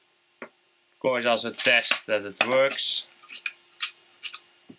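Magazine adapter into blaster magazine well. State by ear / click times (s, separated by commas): seated / 3.5 s, 3.8 s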